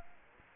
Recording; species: mosquito wingbeat signal from an infrared sensor; Aedes aegypti